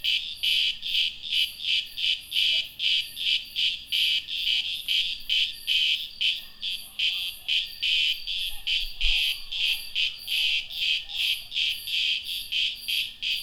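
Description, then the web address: Cicadas giving a harsh, high buzzing call that throbs in rapid pulses, roughly two or three per second, steady throughout. "soundpad cigarras"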